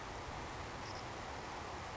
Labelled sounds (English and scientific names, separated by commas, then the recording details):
Savannah Sparrow (Passerculus sandwichensis)
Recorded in Sonoma County, California